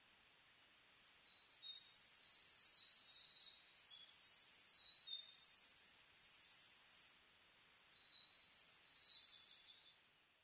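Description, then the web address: Sakhalin leaf warbler singing thin, very high whistled notes in quick clusters, phrases swelling and fading over several seconds against a quiet background. Recorded on 29 May 2004. "2004 040529 ezomusikui"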